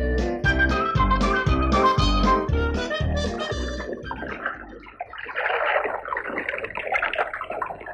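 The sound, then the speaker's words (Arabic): A bright, rhythmic musical phrase with steady pulsing beats gives way to a broad, hissing wash of sea waves rolling in and churning at a seaside coffee shop, with no voices. “الله القعدة في كوفي شوب على البحر يمه.”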